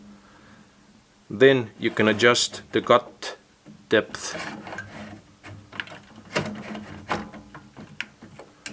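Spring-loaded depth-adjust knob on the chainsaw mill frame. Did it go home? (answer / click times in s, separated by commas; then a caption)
yes / 8.0 s. Someone talks while the spring-loaded cut-depth adjustment knob on a metal ClampMill chainsaw mill frame is loosened half a turn, pulled out, and the depth is set, with mechanical clicks and rattles. The knob snaps into place by itself with a sharp click at 8.0 s, seating before it is tightened again.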